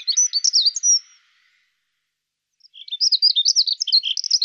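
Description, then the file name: Dunnock song: a hurried, thin, high warble that stops after about a second, then after a pause another jumbled rapid phrase begins and runs to the end. "passera scopaiola"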